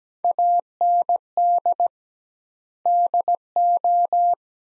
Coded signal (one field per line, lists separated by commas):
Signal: Morse code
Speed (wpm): 17 wpm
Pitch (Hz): 700 Hz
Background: none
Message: AND DO